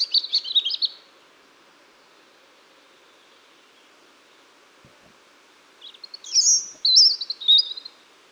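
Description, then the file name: European robin song, a short high trilled phrase at the beginning and a longer warbling, tinkling phrase after five seconds of quiet. "Erithacus rubecula"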